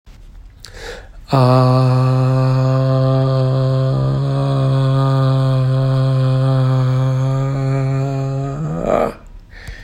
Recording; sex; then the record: sustained vowel /a/; male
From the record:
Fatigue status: fatigue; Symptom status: symptomatic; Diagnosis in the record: COVID-19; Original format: m4a